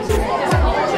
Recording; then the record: background sound without coughing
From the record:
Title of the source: Nightlife Party Simulating Party Club Noise 1 Hour